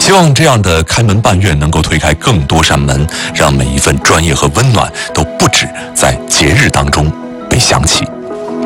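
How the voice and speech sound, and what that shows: Adult male news commentator speaking Mandarin Chinese in a fluent broadcast delivery. Typical adult speech.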